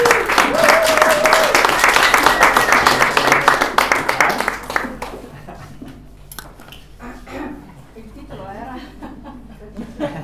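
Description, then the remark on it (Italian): An audience at a contest in Turin bursts into loud, dense applause for a contestant after her score of 29 is announced, lasting about five seconds, then it dies away, leaving quieter voices and a low background murmur. “Un applauso anche per lei.”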